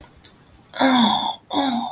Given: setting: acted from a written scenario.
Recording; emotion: vocal sound without words; pain